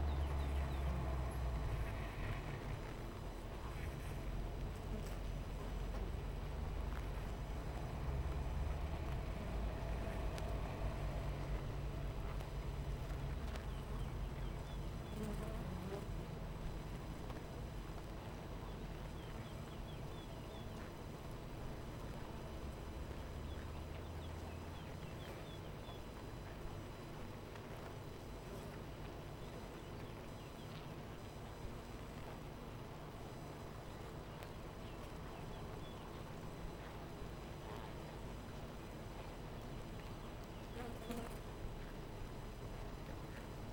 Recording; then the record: honeybee colony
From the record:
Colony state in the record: missing queen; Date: 14 July 2017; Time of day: 12:24